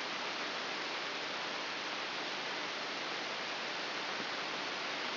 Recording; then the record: brain microelectrode recording played as sound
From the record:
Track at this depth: inside the subthalamic nucleus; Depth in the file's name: 2.1 mm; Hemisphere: left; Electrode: 3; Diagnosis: Parkinson's disease